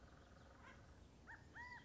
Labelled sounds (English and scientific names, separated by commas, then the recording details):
California Quail (Callipepla californica)
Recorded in Sonoma County, California